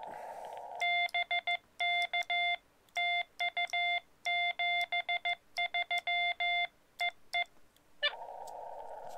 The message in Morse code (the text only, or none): BK TU 73 EE